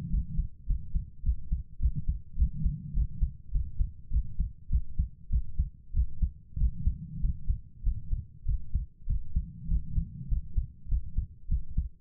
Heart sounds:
heart sounds by stethoscope; 100 bpm
0.09 s: heartbeat
0.65 s: heartbeat
1.22 s: heartbeat
1.78 s: heartbeat
2.35 s: heartbeat
2.92 s: heartbeat
3.50 s: heartbeat
4.09 s: heartbeat
4.68 s: heartbeat
5.28 s: heartbeat
5.92 s: heartbeat
6.56 s: heartbeat
7.19 s: heartbeat
7.82 s: heartbeat
8.44 s: heartbeat
9.05 s: heartbeat
9.67 s: heartbeat
10.27 s: heartbeat
10.87 s: heartbeat
11.47 s: heartbeat
From the record:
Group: healthy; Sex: female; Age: 32 years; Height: 172 cm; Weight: 71.7 kg

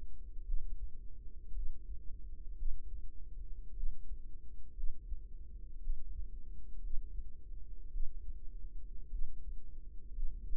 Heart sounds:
heart sounds by microphone in the right ear; 56 bpm
0.45 s: heartbeat
1.53 s: heartbeat
2.56 s: heartbeat
3.74 s: heartbeat
4.74 s: heartbeat
5.80 s: heartbeat
6.81 s: heartbeat
7.91 s: heartbeat
9.10 s: heartbeat
10.13 s: heartbeat
From the record:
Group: healthy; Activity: cold pressor test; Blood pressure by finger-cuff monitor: 113/70 mmHg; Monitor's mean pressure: 84 mmHg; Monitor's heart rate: 55 bpm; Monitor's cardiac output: 5 L/min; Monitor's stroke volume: 90 mL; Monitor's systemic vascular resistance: 1210 dyn s/cm5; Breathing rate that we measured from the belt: 23 breaths a minute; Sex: female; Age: 28 years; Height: 170 cm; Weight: 77 kg

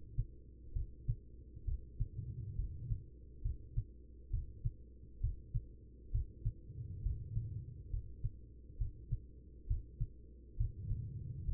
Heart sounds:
heart sounds by stethoscope; 67 bpm
0.73 s: heartbeat
1.65 s: heartbeat
2.56 s: heartbeat
3.43 s: heartbeat
4.31 s: heartbeat
5.21 s: heartbeat
6.12 s: heartbeat
7.03 s: heartbeat
7.91 s: heartbeat
8.78 s: heartbeat
9.68 s: heartbeat
10.57 s: heartbeat
11.45 s: heartbeat
From the record:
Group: healthy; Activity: rest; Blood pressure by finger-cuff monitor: 112/72 mmHg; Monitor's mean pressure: 87 mmHg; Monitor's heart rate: 67 bpm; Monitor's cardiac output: 5.4 L/min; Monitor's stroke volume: 80 mL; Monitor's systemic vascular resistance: 1220 dyn s/cm5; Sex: female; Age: 43 years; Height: 160 cm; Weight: 90 kg

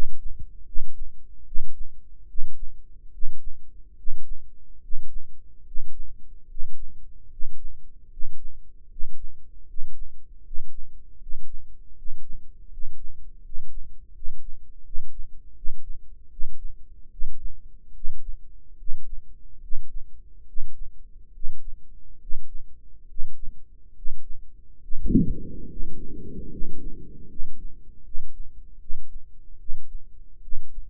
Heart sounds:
heart sounds by microphone in the right ear; 75 bpm
0.64 s: heartbeat
1.44 s: heartbeat
2.26 s: heartbeat
3.10 s: heartbeat
3.94 s: heartbeat
4.79 s: heartbeat
5.62 s: heartbeat
6.45 s: heartbeat
7.27 s: heartbeat
8.08 s: heartbeat
8.87 s: heartbeat
9.65 s: heartbeat
10.41 s: heartbeat
11.17 s: heartbeat
11.93 s: heartbeat
12.68 s: heartbeat
13.40 s: heartbeat
14.11 s: heartbeat
14.82 s: heartbeat
15.53 s: heartbeat
16.28 s: heartbeat
17.09 s: heartbeat
17.92 s: heartbeat
18.76 s: heartbeat
19.60 s: heartbeat
20.45 s: heartbeat
21.31 s: heartbeat
22.18 s: heartbeat
23.06 s: heartbeat
23.93 s: heartbeat
24.79 s: heartbeat
25.66 s: heartbeat
26.49 s: heartbeat
27.27 s: heartbeat
28.02 s: heartbeat
28.78 s: heartbeat
29.57 s: heartbeat
30.40 s: heartbeat
From the record:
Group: healthy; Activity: Valsalva maneuver 0-26 s, rest 26-31 s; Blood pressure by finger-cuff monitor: 109/61 mmHg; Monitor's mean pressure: 72 mmHg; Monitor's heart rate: 75 bpm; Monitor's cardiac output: 7.2 L/min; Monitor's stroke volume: 96 mL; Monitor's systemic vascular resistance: 670 dyn s/cm5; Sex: male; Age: 35 years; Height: 180 cm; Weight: 86.9 kg

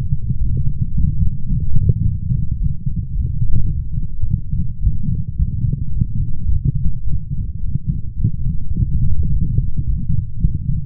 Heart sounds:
heart sounds by stethoscope; 108 bpm
0.41 s: heartbeat
0.96 s: heartbeat
1.50 s: heartbeat
2.06 s: heartbeat
2.61 s: heartbeat
3.16 s: heartbeat
3.72 s: heartbeat
4.27 s: heartbeat
4.82 s: heartbeat
5.38 s: heartbeat
5.94 s: heartbeat
6.50 s: heartbeat
7.06 s: heartbeat
7.63 s: heartbeat
8.20 s: heartbeat
8.77 s: heartbeat
9.33 s: heartbeat
9.88 s: heartbeat
10.43 s: heartbeat
From the record:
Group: healthy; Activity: light exercise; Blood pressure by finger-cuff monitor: 174/86 mmHg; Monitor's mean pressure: 109 mmHg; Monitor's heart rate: 108 bpm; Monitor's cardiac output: 9.1 L/min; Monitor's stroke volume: 84 mL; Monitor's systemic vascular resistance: 900 dyn s/cm5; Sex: male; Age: 21 years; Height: 175 cm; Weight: 72.6 kg

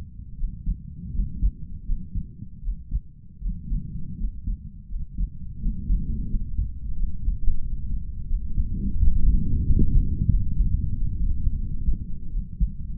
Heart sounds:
heart sounds by stethoscope; 86 bpm
0.36 s: heartbeat
1.12 s: heartbeat
1.84 s: heartbeat
2.61 s: heartbeat
3.39 s: heartbeat
4.16 s: heartbeat
4.87 s: heartbeat
5.58 s: heartbeat
6.28 s: heartbeat
6.94 s: heartbeat
7.60 s: heartbeat
8.26 s: heartbeat
8.94 s: heartbeat
9.64 s: heartbeat
10.27 s: heartbeat
10.88 s: heartbeat
11.54 s: heartbeat
12.29 s: heartbeat
From the record:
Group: healthy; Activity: cold pressor test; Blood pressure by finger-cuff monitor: 92/61 mmHg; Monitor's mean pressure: 69 mmHg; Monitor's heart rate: 84 bpm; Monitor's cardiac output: 5.6 L/min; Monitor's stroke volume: 67 mL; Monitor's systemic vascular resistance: 890 dyn s/cm5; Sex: male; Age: 22 years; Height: 181 cm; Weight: 60 kg

